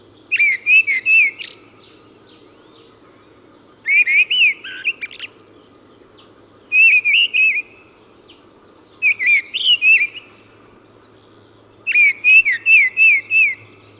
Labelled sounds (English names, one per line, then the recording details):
Mistle Thrush song
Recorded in the wild
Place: Bergen, Mecklenburg-Vorpommern, DE
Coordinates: 54.44, 13.46
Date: 1975-05-03
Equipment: Nagra III BH, Sennheiser MD 21, parabola
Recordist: Schubert, Michael